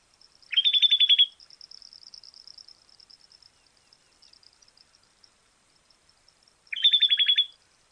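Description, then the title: Bird call: a rapid buzzy trill of stuttered notes given twice, about six seconds apart, with a thin high-pitched ringing tone. "LuckyPassaro Completos2Sama"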